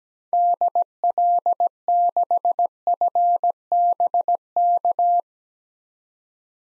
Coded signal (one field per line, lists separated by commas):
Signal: Morse code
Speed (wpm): 17 wpm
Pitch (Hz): 700 Hz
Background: none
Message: DL6FBK